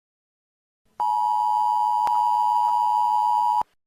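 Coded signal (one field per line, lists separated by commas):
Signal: Emergency Alert System (SAME) tones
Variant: 853 and 960 Hz attention tone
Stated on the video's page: Fictional Halloween EAS scenario; simulated alert.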